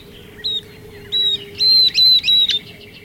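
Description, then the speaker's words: Northern Beardless-Tyrannulet song: a few thin, high whistled notes, the first short and the later ones longer, over a steady low hum. Tiny flycatcher singing along a dry sandy arroyo edged with mesquite, yucca and cactus in the desert southwest, during a dry spell. "That's a northern beardless tyrannulet singing, a tiny flycatcher with a very distinctive voice."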